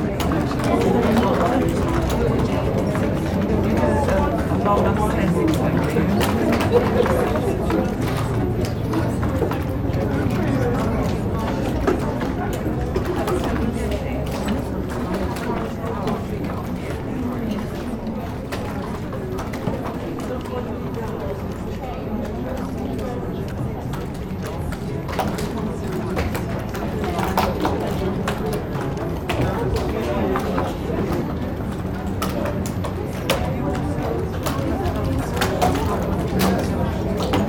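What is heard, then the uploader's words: Colleagues talk together in a steady, overlapping murmur of several voices that never pauses. Short knocks and clatters, like footsteps or objects being set down, break through often, especially in the last third. The level stays even throughout. SOUND OF COLLEAGUES. MyNoise Vintage Office.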